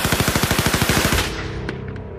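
A rapid burst of machine-gun fire from an MG, aimed after figures running along a wall: around fifteen sharp shots in quick, even rhythm, loud and steady for just over a second, then cut off, leaving a fading rumble and faint clinks.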